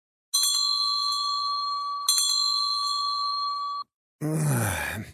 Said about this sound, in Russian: Я проснулся, выдернутый звонком будильника.